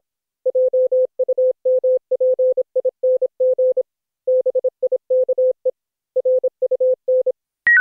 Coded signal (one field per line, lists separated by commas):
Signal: Morse code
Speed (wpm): 26 wpm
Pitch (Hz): 510 Hz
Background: none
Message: JUMPING BIKE RUN